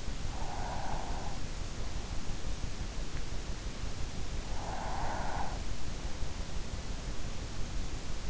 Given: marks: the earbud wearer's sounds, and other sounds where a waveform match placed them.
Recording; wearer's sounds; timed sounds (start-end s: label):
sounds in sleep by an in-ear microphone; breath
0.00-1.71 s: breath
4.39-5.65 s: breath